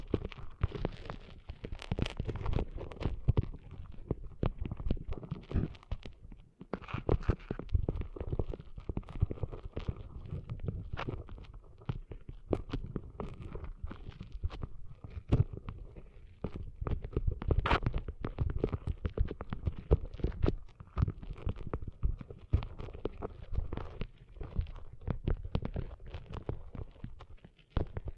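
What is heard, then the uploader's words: Sand is being cleaned out of an ear, heard as a dense, continuous stream of rough scratching and rubbing with muffled thumps. Sharp crackles come several times a second for the whole half minute, with a brief lull around six seconds. ASMR Cleaning Sand Out of Your Ears (No Talking).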